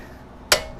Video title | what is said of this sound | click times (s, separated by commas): Change brakes and rotors on Toyota Camry | Oh, you hear it? That means I got it down to the right torque rate. | 0.5 s